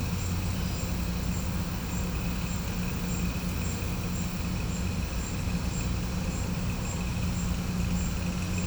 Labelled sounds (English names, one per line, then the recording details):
none
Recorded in pastures near Puerto Asís, Putumayo, Colombia, on 16 December 2024 at 12:00
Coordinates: 0.505, -76.324
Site G063